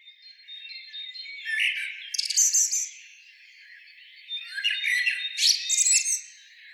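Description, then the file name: Common blackbird song, two bursts of harsh, scratchy twittering separated by a quieter gap, with a faint thin whistle underneath. "Turdus merula"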